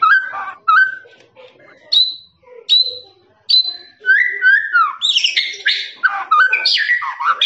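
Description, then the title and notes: Lovebird sharp separate chirps with short pauses, building into a rapid, dense, squeaky chatter. Long trilling "ngekek" lovebird song, used as a master for training birds. "MASTERAN LOVEBIRD NGEKEK PANJANG. suara burung, master burung"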